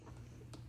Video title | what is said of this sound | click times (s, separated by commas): Zoodles! Check out first use Spiralizer Demo & Fresh Mango Sauce Recipe 🥭 | That little white tube just locks into place real easy. | 0.5 s